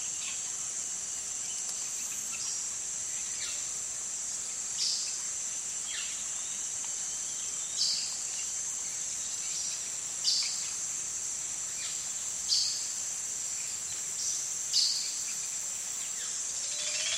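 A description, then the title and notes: Oropendola calls ring out in short, bright bursts every two to three seconds, from about the five-second mark onward. Beneath them, a steady, high insect drone runs unbroken throughout, over a soft, even hiss. Amazon Rainforest - Oropendola Rain. Recorded with Sony PCM M10 and Clippy EM172 mics.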